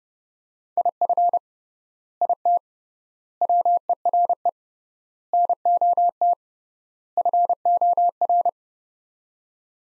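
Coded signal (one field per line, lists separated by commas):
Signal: Morse code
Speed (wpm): 32 wpm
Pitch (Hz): 700 Hz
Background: none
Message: IF IT WERE NOT FOR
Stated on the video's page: Morse practice of five-word sets at 30 wpm with 3x word spacing, a Farnsworth-like method for head-copying phrases.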